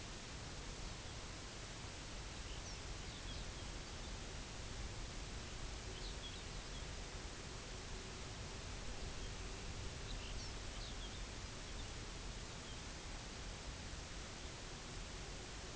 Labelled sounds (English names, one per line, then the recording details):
unidentified sound
Pectoral Sandpiper
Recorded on Arctic tundra, site UTQI-0, on 16 June 2019
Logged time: 12:00